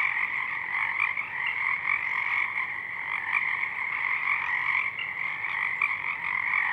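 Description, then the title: Pacific chorus frogs in full chorus, countless rapid creaky croaks layered into a constant drone. Many frogs calling at dusk, out in full bloom; downmixed to stereo from a double mid-side recording. "Pacific Chorus Frogs (Pseudacris regilla), dusk"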